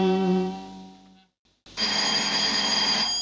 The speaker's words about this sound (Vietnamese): Có tiếng chuông ngoài phòng trực gọi tôi